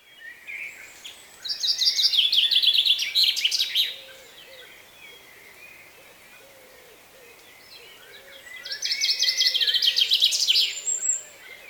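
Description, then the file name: Common chaffinch delivering two songs roughly seven seconds apart, each a rapid descending trill of bright notes closing with a flourish. "Fringilla coelebs"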